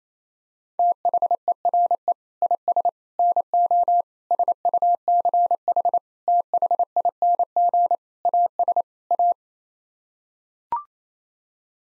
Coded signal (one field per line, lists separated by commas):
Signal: Morse code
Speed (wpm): 27 wpm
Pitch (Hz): 700 Hz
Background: none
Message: THERE IS NO SUCH THING AS A